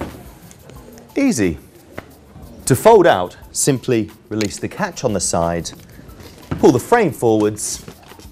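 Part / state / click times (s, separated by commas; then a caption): pushchair frame lock on the folding frame / not seated / none. Someone talks over the handling of a folded aluminium Mountain Buggy MB2 Swift pushchair: the catch on the side of the folding frame is released and the frame is pulled forwards to unfold it. Only a few faint ticks are heard between the words, the loudest near 2.0 s. Nothing has seated or clicked yet, and the frame lock has not locked into place.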